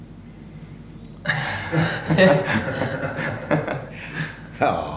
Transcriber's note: laughter